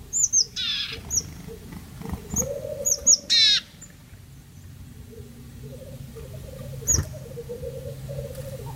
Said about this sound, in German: das periodisch wiederkehrende Kollern der Birkhähne mit ihren nur leicht veränderten Strophenversen